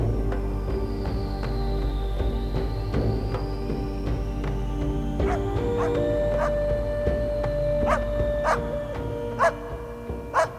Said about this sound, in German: Jedenfalls bellt der Hund jede Nacht, ohne Pause. Das ist so im Süden. Fast immer, wenn ich verreise, bellt dann da nachts auch ein Hund.